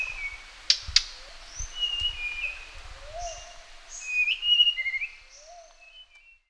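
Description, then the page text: Sulawesi blue flycatcher song: short sweet warbled phrases near the middle and end, with sharp clicks early, faint low whistles and thin high notes. "Sulawesi Blue Flycatcher Song. Quick Sounds"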